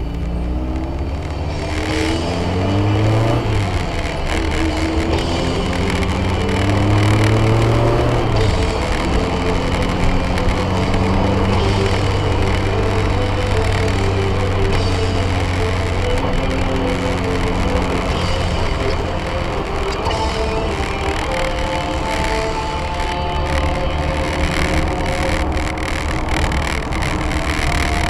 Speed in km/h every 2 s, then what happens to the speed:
40, 44, 56, 61, 67, 68, 63, 62, 59, 54, 51, 53, 54, 48.
0-9 speeds up to 68. 9-19 slows to 51. 19-28 steady at about 51.